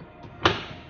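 The door of a Sharp ES-FL862 front-loading washing machine is shut into its latch after the laundry is loaded, giving one loud, short impact with a click at 0.5 s. The door is heard seating and latched closed.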